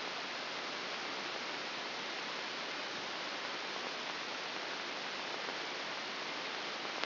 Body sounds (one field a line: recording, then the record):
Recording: brain microelectrode recording played as sound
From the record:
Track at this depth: outside the subthalamic nucleus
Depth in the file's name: 5.398 mm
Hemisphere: left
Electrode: 2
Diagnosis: Parkinson's disease